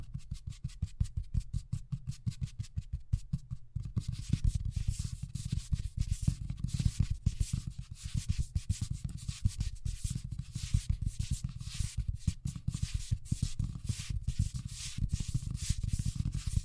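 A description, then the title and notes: Fast tapping in a dense, rapid, even stream of short knocks, with a low thump under each hit. For the first four seconds the taps are sparse and dry; after that they become fuller, with a rough rubbing hiss filling the gaps. ASMR Braingasm Inducing Fast Tapping (No Talking).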